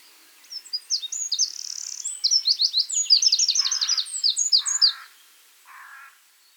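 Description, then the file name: Eurasian wren delivering a fast, high, tumbling run of piercing notes and trills lasting about four seconds, with three lower rasping buzzes at the close. "Troglodytes troglodytes"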